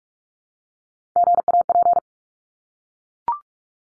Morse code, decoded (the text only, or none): GAP